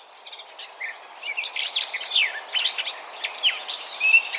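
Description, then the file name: Eurasian blackcap song, a lively run of mixed chirps, squeaks and short whistled slurs with a faint hiss behind. "Sylvia atricapilla"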